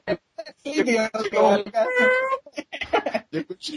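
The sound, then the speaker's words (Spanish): A person imitates a cat, voicing a series of drawn-out, wavering meows with rising and falling pitch, fairly loud, separated by brief pauses and shorter mewing bursts. “yo de freezer escuché un miau, no sé.”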